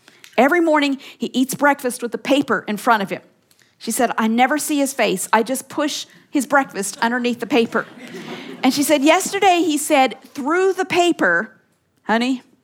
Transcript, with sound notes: Every morning he eats breakfast with the paper in front of him. I never see his face. I just push his breakfast underneath the paper.” (laughter) And she said, “Yesterday, he said through the paper, ‘Honey,